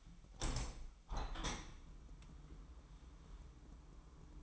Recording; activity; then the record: daily activity, microphone in the room; open window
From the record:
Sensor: 1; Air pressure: 998.7 hPa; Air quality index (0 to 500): 138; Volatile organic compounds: 4 ppm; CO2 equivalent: 1666 ppm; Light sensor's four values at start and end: 11/26/11/13 and 11/27/11/13